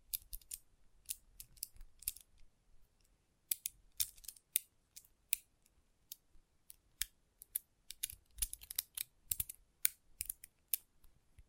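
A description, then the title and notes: Magnetic tingle sounds made of crisp, bright clicks and snaps that come in irregular bursts, sometimes in quick clusters and sometimes alone. The busiest runs fall around four seconds and between eight and ten seconds, with soft low thuds under some clicks and near-silent gaps between. ASMR Intense Magnetic Tingles (No Talking).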